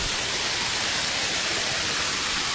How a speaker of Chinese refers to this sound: 大家应该可以听到这个瀑布的声音了。在瀑布跟前一站呢，水的这个温度以及风呢一吹，这块呢还是比较凉爽的。瀑布下来打到下面的石阶上溅起的水花，在太阳的一照射下呢，就形成了一道道彩虹，非常的好看。